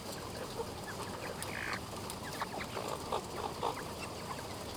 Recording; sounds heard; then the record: poultry house recording; sick chickens (respiratory disease)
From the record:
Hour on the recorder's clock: 1